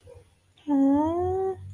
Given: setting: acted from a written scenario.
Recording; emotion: vocal sound without words; adoration